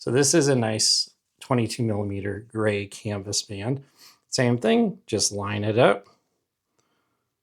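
A 22mm gray canvas watch band is lined up so its spring bar can go into the lug of a Galaxy Watch 8 Classic smartwatch while someone talks. Nothing has seated or clicked yet. The speech ends around 6.1 seconds, followed by near silence with a faint tick at 6.8 seconds.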